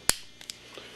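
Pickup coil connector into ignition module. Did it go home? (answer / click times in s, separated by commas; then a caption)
yes / 0.1 s. The plastic connector on a pickup coil lead is slipped onto the top of a GM electronic ignition module until it latches, giving a single sharp, bright click at 0.1 s. Two much fainter ticks follow at about 0.4 s and 0.5 s. The connector is seated and clicked in.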